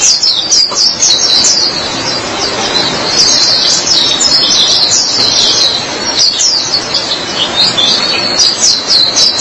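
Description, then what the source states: White-eye song: lively high-pitched warbling phrases, tumbling and jumbled, repeated almost without a break. Chirping song.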